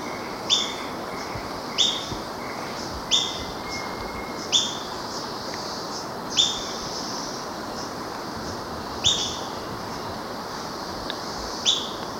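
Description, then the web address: Montane foliage-gleaner repeating a sharp, high, clipped note every one to three seconds against constant hissing background noise. Recorded in Ecuador. "Birds of Ecuador. Montane Foliage-gleaner"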